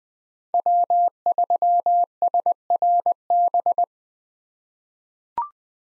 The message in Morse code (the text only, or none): W3SRB